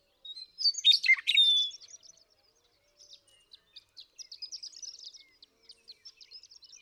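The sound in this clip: Western meadowlark giving one loud, rich phrase of whistles and gurgles at the start, followed by a string of softer, rapid chips and twitters.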